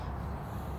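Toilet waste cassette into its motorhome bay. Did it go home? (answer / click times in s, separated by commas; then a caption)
no / none. A toilet waste cassette, just emptied, is handled as it goes back into its motorhome bay. A steady low rumbling noise runs through the whole 0.8 seconds with no sharp transients. The cassette has not yet seated or clicked into place.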